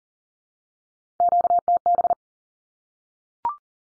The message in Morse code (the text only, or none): QTB